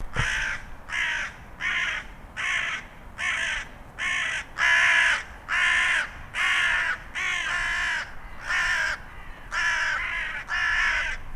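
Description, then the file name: Carrion crow giving a long series of harsh, rasping caws in steady succession, each broad and buzzy. "Corvus corone"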